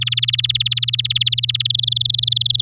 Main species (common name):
Domestic Canary